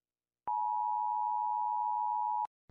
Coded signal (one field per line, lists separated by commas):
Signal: Emergency Alert System (SAME) tones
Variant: 853 and 960 Hz attention tone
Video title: Im rating The EAS Alarm cuz why not